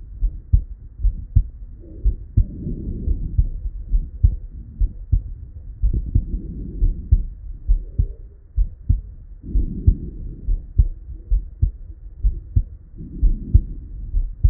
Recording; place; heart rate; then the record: heart sounds by stethoscope; Erb's point; 64 bpm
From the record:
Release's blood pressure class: elevated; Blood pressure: 120/68 mmHg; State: at rest